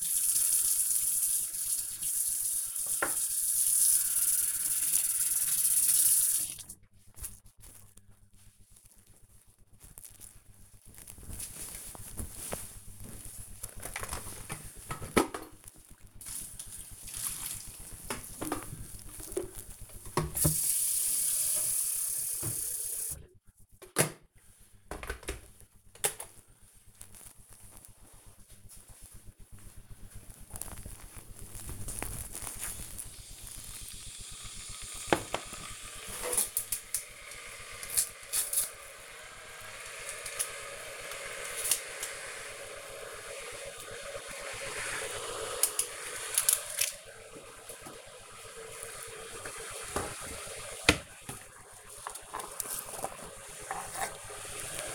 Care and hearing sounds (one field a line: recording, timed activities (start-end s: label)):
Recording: household activities, microphone on the right wrist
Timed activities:
0.00-6.82 s: washing dishes
13.87-54.95 s: making tea